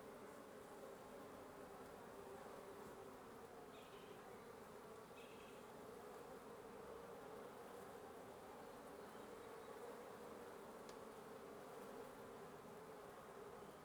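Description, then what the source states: Wasps buzzing steadily at a nest, a dense continuous drone with a few faint higher chirps around four and five seconds. Wasp nest under the roof of a residence in Antigua Guatemala, Guatemala, recorded in the morning; headphone listening recommended.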